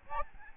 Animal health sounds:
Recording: mosquito wingbeat signal from an infrared sensor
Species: Aedes albopictus

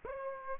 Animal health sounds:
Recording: mosquito wingbeat signal from an infrared sensor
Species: Aedes aegypti

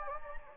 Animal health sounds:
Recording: mosquito wingbeat signal from an infrared sensor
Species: Anopheles gambiae

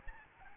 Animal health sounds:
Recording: mosquito wingbeat signal from an infrared sensor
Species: Aedes albopictus

